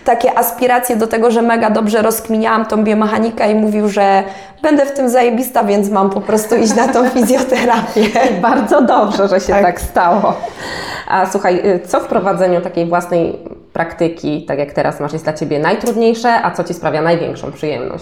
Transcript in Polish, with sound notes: takie aspiracje do tego, że mega dobrze rozkminiałam tą biomechanikę i mówił, że będę w tym zajebista, więc mam po prostu iść na tą fizjoterapię [śmiech]
I bardzo dobrze, że się tak stało! A słuchaj, co w prowadzeniu takiej własnej praktyki, tak jak teraz masz, jest dla Ciebie najtrudniejsze, a co Ci sprawia największą przyjemność?